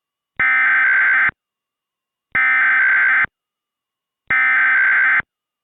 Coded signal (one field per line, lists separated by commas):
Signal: Emergency Alert System (SAME) tones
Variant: header bursts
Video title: EAS Mini Mock #29: The RWT Texas Mistake